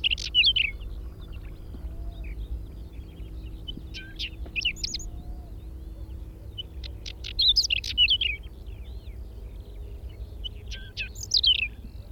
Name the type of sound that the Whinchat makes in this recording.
song